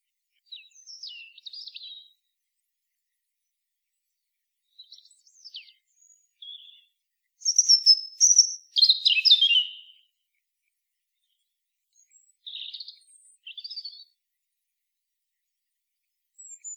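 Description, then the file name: European robin giving thin, high-pitched twittering phrases in short bursts separated by pauses, with a louder burst in the middle and no other clear sounds. "Erithacus rubecula"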